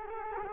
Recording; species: mosquito wingbeat signal from an infrared sensor; Culex quinquefasciatus